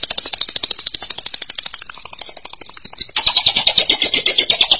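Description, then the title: Lovebird song made of rapid rattling buzzy pulses, a high trill that wavers and then restarts louder and more strident. "Suara Burung Lovebird"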